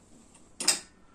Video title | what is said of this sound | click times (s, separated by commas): HER EVE LAZIM! - Bosch Mum5 Mutfak Makinesi İncelemesi | üçgene denk getirip çıt | 0.6 s